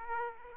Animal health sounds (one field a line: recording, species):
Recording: mosquito wingbeat signal from an infrared sensor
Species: Aedes aegypti